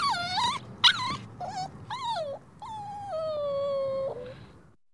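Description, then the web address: Dog: puppy whining: several brief wavering whimpers, then one long drawn-out whine that slowly falls before fading. Puppy whimpering and whining outdoors. "dog puppy whining whimpering outdoors animal"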